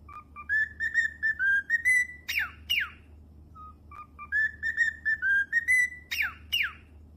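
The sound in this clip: Cockatiel whistling a melodic phrase of warbled notes, then two sharp descending screeches, with the phrase repeated after a brief pause; steady low hum underneath.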